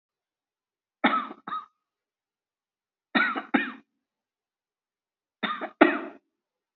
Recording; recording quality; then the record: shallow voluntary cough; excellent, no background noise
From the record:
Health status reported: exposed to COVID-19, no respiratory illness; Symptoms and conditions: none ticked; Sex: male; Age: 42 years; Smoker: not ticked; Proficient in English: yes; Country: India